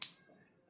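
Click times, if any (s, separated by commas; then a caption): 0.0 s. The cylinder release lock on the frame of an Ares APR-002 CO2 airsoft revolver is pushed forward. It gives one sharp, bright click at 0.02 s, which quickly fades into low background noise. The click releases the locked hammer and trigger.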